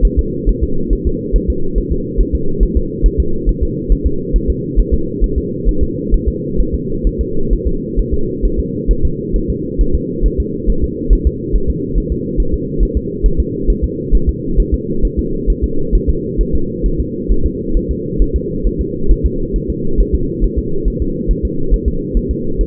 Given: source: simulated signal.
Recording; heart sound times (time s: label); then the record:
fetal heart sounds
0.05 s: S1
0.19 s: S2
0.49 s: S1
0.64 s: S2
0.93 s: S1
1.07 s: S2
1.36 s: S1
1.50 s: S2
1.78 s: S1
1.92 s: S2
2.21 s: S1
2.35 s: S2
2.63 s: S1
2.77 s: S2
3.06 s: S1
3.20 s: S2
3.49 s: S1
3.63 s: S2
3.92 s: S1
4.06 s: S2
4.36 s: S1
4.50 s: S2
4.80 s: S1
4.94 s: S2
5.24 s: S1
5.38 s: S2
5.69 s: S1
5.83 s: S2
6.14 s: S1
6.28 s: S2
6.60 s: S1
6.75 s: S2
7.07 s: S1
7.21 s: S2
7.53 s: S1
7.67 s: S2
8.00 s: S1
8.14 s: S2
8.45 s: S1
8.59 s: S2
8.91 s: S1
9.05 s: S2
9.36 s: S1
9.50 s: S2
9.81 s: S1
9.95 s: S2
10.26 s: S1
10.40 s: S2
10.70 s: S1
10.84 s: S2
11.13 s: S1
11.27 s: S2
11.56 s: S1
11.70 s: S2
11.98 s: S1
12.12 s: S2
12.40 s: S1
12.54 s: S2
12.83 s: S1
12.97 s: S2
13.26 s: S1
13.40 s: S2
13.70 s: S1
13.84 s: S2
14.15 s: S1
14.29 s: S2
14.60 s: S1
14.74 s: S2
15.05 s: S1
15.19 s: S2
15.50 s: S1
15.64 s: S2
15.95 s: S1
16.09 s: S2
16.41 s: S1
16.55 s: S2
16.86 s: S1
17.00 s: S2
17.31 s: S1
17.46 s: S2
17.77 s: S1
17.91 s: S2
18.22 s: S1
18.36 s: S2
18.67 s: S1
18.81 s: S2
19.11 s: S1
19.26 s: S2
19.56 s: S1
19.70 s: S2
20.01 s: S1
20.15 s: S2
20.44 s: S1
20.59 s: S2
20.88 s: S1
21.02 s: S2
21.31 s: S1
21.45 s: S2
21.74 s: S1
21.88 s: S2
22.17 s: S1
22.31 s: S2
22.61 s: S1
From the record:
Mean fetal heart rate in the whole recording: 135 bpm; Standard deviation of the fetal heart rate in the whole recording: 3 bpm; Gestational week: 36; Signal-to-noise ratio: -8.1 dB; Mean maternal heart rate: 72 bpm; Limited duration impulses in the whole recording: absent